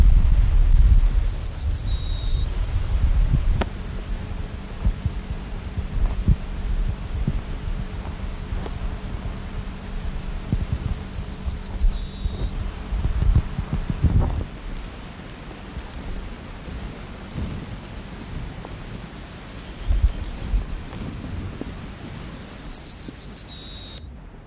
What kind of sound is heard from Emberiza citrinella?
song